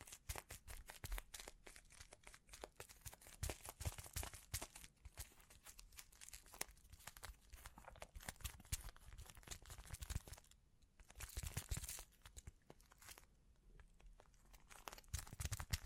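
Bling bling triggers: a dense run of quick crinkling and crunching sounds, many sharp, bright clicks packed together with little pause. The texture stays busy throughout, thinning briefly around ten seconds and again near thirteen before picking back up.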